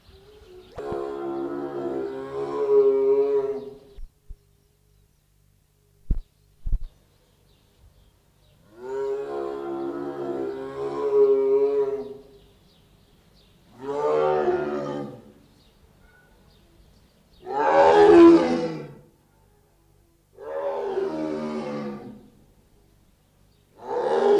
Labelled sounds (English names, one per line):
Tiger call